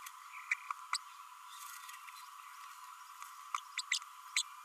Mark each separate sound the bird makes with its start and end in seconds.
0.51-0.54, 0.93-0.97, 3.77-3.81, 3.91-3.98, 4.36-4.42